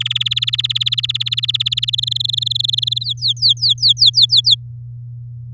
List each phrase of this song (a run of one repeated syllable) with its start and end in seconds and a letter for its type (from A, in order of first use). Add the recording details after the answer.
0.00-1.90 A, 1.93-3.04 B, 3.05-4.55 C. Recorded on 10 May 2018 at 10:45. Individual llb16